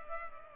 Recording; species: mosquito wingbeat signal from an infrared sensor; Culex pipiens